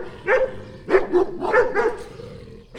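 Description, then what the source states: Dog barks, several sharp woofs in quick succession. Two dogs barking.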